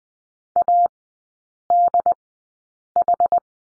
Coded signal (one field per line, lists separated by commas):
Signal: Morse code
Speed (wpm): 20 wpm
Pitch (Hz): 700 Hz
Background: none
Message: ADH